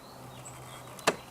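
The plastic saddlebag lid of a 2018 Honda Gold Wing GL1800 motorcycle is lowered gently by hand onto the saddlebag body, without slamming, to avoid stressing the plastic parts. Over a faint steady background hum, a soft click at 1.0 s is followed by a sharp, louder latch click at 1.1 s. This is only the latch's first catch, so the lid is partly closed, not fully shut.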